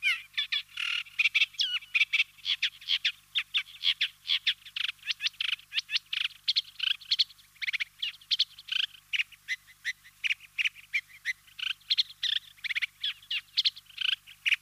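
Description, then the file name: Eurasian reed warbler song of rapid, churring and chattering notes, running without pause. "Reed Warbler Acrocephalus scirpaceus"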